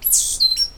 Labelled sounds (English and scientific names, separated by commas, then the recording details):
Stitchbird (Notiomystis cincta) song
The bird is a male
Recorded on Tiritiri Matangi Island, New Zealand, in 2005
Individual 8, of nest box 10